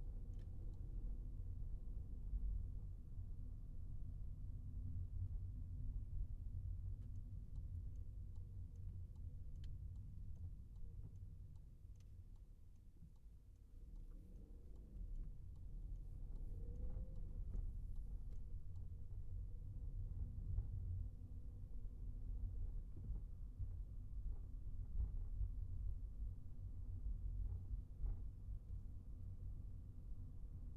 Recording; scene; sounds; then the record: everyday scene through a hearing-aid microphone; in a vehicle; engine, highway traffic jam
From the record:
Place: Skoda Fabia, gasoline engine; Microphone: behind the ear, right, rear